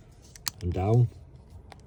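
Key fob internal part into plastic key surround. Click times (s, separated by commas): 0.5 s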